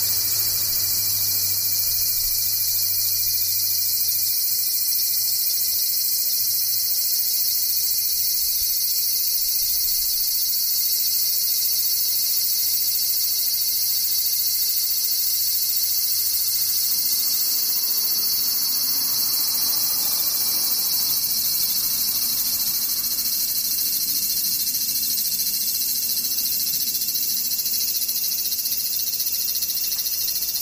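Cicadas drone in a dense, unbroken high buzz for the whole stretch, with a faint low hum underneath fading out around seventeen seconds.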